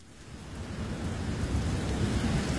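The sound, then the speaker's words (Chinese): Steady hissing rain pours down while a deep, rolling rumble of thunder swells underneath, growing louder over the few seconds with no voices present. “宦官曹安撑着一把伞在雨中奔走，紧张的喘气声虽然被雨水淹没，但是匆匆的步履一望就知道是发生了大事。”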